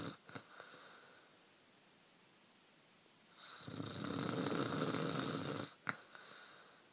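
Snoring from a sleeping adult: one long, loud, rough snore lasting about two seconds, with quieter breathing sounds before and after it.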